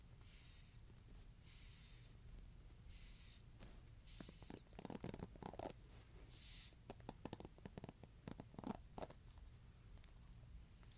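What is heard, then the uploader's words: Brush bristles are swept in bursts of bright, hissing strokes, each lasting about half a second to a second, with the densest run near the middle. Sharp little taps and scratches punctuate the strokes, over a low, steady hum. ASMR Brush Bristles.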